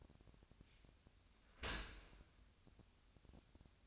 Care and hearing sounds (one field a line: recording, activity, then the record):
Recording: daily activity, microphone in the room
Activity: open dishwasher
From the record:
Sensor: 2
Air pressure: 1006.5 hPa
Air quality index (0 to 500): 204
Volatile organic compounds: 15 ppm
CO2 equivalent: 2493 ppm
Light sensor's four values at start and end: 9/22/9/9 and 9/22/9/9